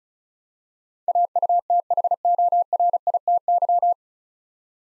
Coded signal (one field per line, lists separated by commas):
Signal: Morse code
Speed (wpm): 36 wpm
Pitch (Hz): 700 Hz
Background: none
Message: AUTHORITY